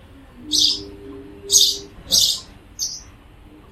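Bird calls: rasping, noisy high chirps, five brief bursts spread over nearly four seconds, with faint low tones underneath.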